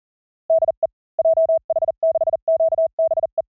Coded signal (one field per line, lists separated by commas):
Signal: Morse code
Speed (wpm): 40 wpm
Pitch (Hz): 650 Hz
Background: none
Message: DE JH6QBE